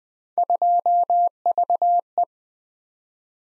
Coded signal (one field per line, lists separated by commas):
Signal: Morse code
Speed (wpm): 20 wpm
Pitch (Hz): 700 Hz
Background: none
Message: 2VE